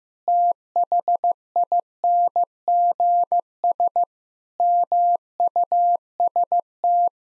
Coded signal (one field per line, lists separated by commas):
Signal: Morse code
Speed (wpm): 14 wpm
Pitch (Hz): 700 Hz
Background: none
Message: THINGS MUST